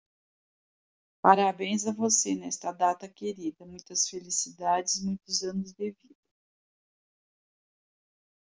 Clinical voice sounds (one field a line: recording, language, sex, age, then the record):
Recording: short text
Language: Brazilian Portuguese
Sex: female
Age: 60 to 69 years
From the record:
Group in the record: control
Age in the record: 67 years